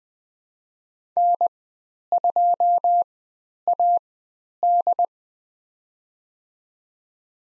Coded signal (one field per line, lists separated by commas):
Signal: Morse code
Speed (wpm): 20 wpm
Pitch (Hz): 700 Hz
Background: none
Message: N2AD